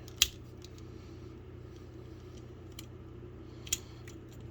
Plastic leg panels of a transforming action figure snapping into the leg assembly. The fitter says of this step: make sure that all snaps into place. And there you have the legs all done.